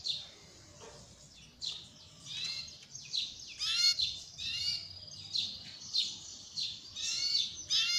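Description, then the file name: Belgian canary singing a varied phrase of chirps, falling slurred notes and brief trills. Copper-coloured Belgian canary. "canto do canario belga cobre"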